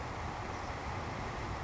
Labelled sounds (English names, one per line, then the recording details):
Savannah Sparrow
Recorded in Sonoma County, California